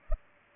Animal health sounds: mosquito wingbeat signal from an infrared sensor; Culex pipiens

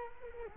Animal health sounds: mosquito wingbeat signal from an infrared sensor; Culex quinquefasciatus

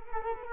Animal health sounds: mosquito wingbeat signal from an infrared sensor; Culex quinquefasciatus

